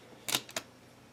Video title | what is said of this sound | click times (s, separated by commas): Dell Venue 11 Pro Review | on your surface and it mounts pretty much the same way clicks in there | 0.3 s